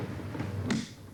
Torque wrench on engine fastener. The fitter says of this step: you you'll hear that little click that means that the the twerk Ranch has has uh